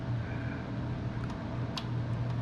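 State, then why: Seated. A modular power cable plug is pushed into a power supply and, after several failed tries, finally latches with a sharp click at 1.8 s, following a fainter tick at 1.2 s. A steady low hum runs underneath throughout. The connector is seated and clicked in place.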